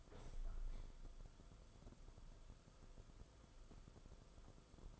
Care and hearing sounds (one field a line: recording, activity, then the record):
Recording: daily activity, microphone in the room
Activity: open window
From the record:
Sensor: 5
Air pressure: 994.4 hPa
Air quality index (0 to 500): 186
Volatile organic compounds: 1000 ppm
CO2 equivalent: 5469 ppm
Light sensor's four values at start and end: 9/23/9/10 and 10/25/10/11